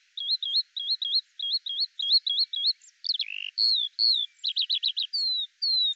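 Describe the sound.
Eurasian skylark singing, opening with a run of repeated looping whistled notes, then switching to slurred phrases, a quick trill and drawn-out high whistles.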